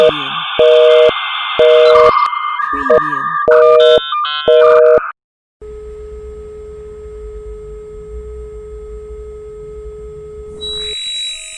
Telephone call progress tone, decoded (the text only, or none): busy tone